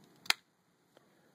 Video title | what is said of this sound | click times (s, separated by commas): Tri-dashi(s) are ready to be sent out | got a very positive click with no rattle at all | 0.3 s